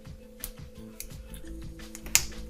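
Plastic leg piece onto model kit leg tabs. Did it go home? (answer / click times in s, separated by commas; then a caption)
yes / 2.2 s. A plastic leg piece is fitted over a couple of small tabs on the leg of a Moderoid Beast King Golion model kit, with soft plastic ticks and taps over a low, steady background hum. At 2.2 s a sharp, loud click is heard as the leg piece snaps into place and seats.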